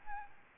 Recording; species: mosquito wingbeat signal from an infrared sensor; Aedes albopictus